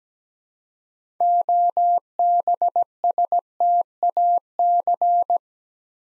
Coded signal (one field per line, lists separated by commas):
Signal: Morse code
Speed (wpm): 17 wpm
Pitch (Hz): 700 Hz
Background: none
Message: OBSTAC